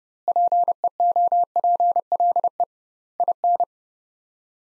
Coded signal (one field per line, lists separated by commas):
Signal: Morse code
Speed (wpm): 30 wpm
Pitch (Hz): 700 Hz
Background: none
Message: PEOPLE IN